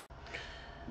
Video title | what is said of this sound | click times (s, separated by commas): Ford Focus 2011-2015 MK3 How to Replace Side Marker Lights | and you just pop the light out | 0.3 s